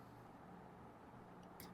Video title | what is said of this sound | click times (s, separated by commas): battle of lip glosses - HUDA Beauty vs FAE Beauty - Honest Comparison & Wear Test | and once you close it आपको एक click करके आवाज आएगी जिससे पता चलेगा कि यह बिल्कुल अच्छे से सिक्योरली लॉक हो गए हैं। | 1.6 s